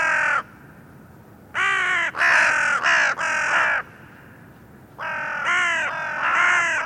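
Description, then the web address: Bird calling in hoarse, grating caws, with one short caw, a run of four close together, then a pause and three more joined caws. "cianscape birddata Deverinetal 2025 Bird Only"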